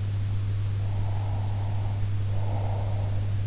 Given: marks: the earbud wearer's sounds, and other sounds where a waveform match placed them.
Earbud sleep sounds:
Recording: sounds in sleep by an in-ear microphone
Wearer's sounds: breath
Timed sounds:
0.86-3.34 s: breath

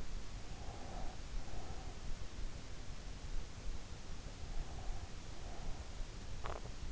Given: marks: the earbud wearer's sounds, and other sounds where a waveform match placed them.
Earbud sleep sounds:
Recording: sounds in sleep by an in-ear microphone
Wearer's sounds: breath, teeth grinding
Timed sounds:
0.29-2.14 s: breath
4.22-6.14 s: breath
6.14-6.92 s: teeth grinding

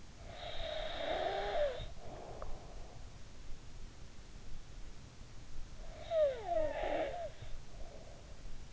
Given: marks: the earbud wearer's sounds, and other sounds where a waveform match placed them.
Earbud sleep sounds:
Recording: sounds in sleep by an in-ear microphone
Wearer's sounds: snoring breath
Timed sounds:
0.00-3.52 s: snoring breath
5.45-8.39 s: snoring breath

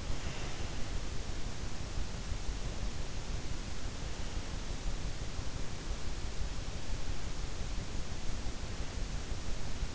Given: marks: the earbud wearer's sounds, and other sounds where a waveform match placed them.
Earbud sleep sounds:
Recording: sounds in sleep by an in-ear microphone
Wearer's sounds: breath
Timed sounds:
0.00-1.15 s: breath

